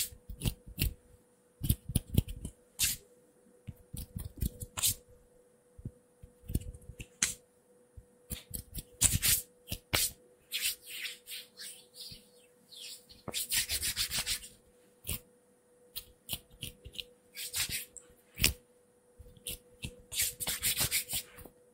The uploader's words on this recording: ASMR Fast & unpredictable hand sounds hand movements (No Talking).